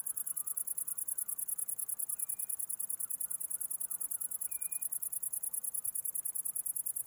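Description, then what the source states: Cricket giving a continuous high pulsed chirp at a steady rhythm, with two faint short whistled notes from another creature in the background. Recorded 11 August 2009.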